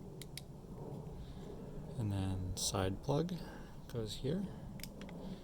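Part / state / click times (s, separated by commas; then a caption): cable connector into Wi-Fi video module socket / seated / 0.4 s. The plastic connector on the back cord is pushed into its socket on a Phantom 2 Vision Plus Wi-Fi video module during reinstallation, and it seats with a sharp click at 0.4 s. Someone talks, and a few more small clicks follow near the end.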